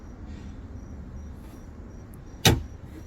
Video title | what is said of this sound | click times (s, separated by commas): Habitat for humanity ReStore Cabinet Build RW-B12 | okay so you hear two clicks because there's two latches | 2.5 s